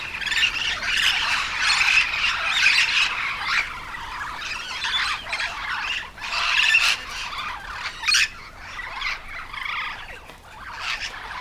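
Yellow-shouldered parrot giving harsh, grating squawks in dense bursts, with louder outbursts near the start and middle.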